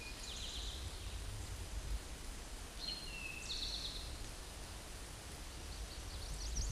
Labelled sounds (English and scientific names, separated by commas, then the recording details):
Eastern Towhee (Pipilo erythrophthalmus) song
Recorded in a Pennsylvania forest on 17 May 2023 at 13:25
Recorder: AudioMoth, point grid1_9_low
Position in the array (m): 45 m, 69 m